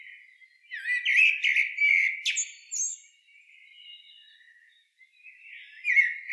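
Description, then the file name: Common blackbird song phrase of low mellow whistles rising into high thin squeaks, followed by softer trailing warbles and the start of another phrase. "Turdus merula"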